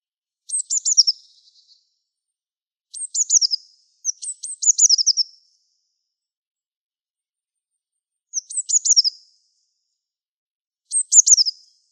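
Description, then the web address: Eurasian blue tit calls: five short bursts of very high, thin notes that break into a quick downward churring trill, separated by pauses of under a second to about three seconds. "cianscape. Deverinetal"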